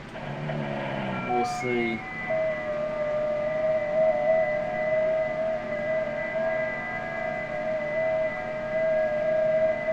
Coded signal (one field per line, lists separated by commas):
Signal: FT8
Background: speech